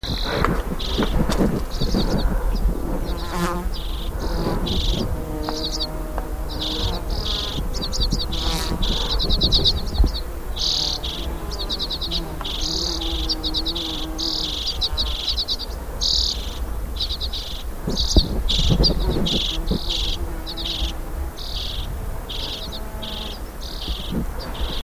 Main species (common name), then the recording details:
Common Redpoll. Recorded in the wild. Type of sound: flight call. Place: Brand, Alpen, Vorarlberg, AT. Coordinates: 47.0764, 9.68917. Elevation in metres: 1996. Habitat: treeless Alps. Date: 2010-07-20 10:55. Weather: fair, 20°C, weak winds. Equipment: Sound Devices 702, Sennheiser MKH 70, Rycote Windschutz. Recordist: Frommolt, Karl-Heinz. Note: Oberhalb der Zalimhütte: Rufe von Alpenbirkenzeisigen im Flug